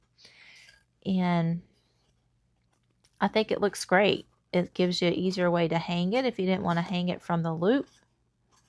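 A small plastic snap-on hanger clip is handled against a craft hoop or frame while someone talks, with faint rustling at the start. Nothing has seated or clicked into place yet; the clip ends just before the piece goes home.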